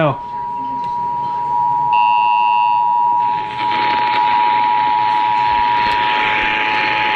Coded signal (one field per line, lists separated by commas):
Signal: Emergency Alert System (SAME) tones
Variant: 853 and 960 Hz attention tone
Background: speech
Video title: EAS National Periodic Test